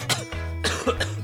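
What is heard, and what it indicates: A short run of three or four quick, rough coughs from an adult man with a head cold and a blocked, nasal voice.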